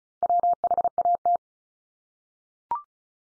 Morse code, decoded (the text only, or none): WHAT